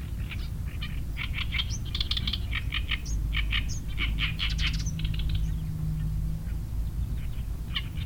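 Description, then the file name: Oriental reed warbler song: harsh, chattering phrases of grating and buzzy notes, repeated rapidly with brief pauses, over steady low rumbling background noise. Two birds singing; recorded at Changle, Fujian, China, on 5 May 2012. "Oriental Reed Warbler 2 birds Song 120505 Fujian Changle"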